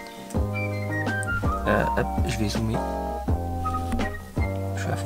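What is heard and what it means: A metal boot clamp with small teeth is handled around the rubber CV joint boot on a 1992–2000 Honda Civic driveshaft, while music plays and someone talks. Nothing has seated or clicked yet; the clip ends just before the clamp snaps shut.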